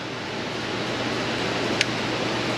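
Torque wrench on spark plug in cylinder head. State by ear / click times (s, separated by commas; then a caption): torque reached / 1.8 s. A torque wrench set to 13 ft-lb (18 Nm) tightens a spark plug in a Honda Civic cylinder head, with steady broadband noise throughout. At 1.8 s a single sharp click is heard as the wrench reaches its setting, confirming the plug is torqued.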